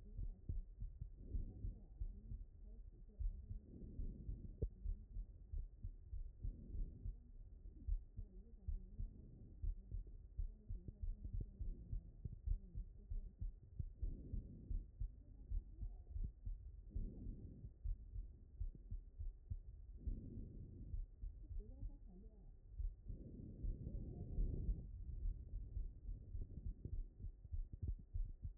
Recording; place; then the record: heart sounds by stethoscope; aortic valve (AV)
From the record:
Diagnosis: non-HFrEF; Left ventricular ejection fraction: 67%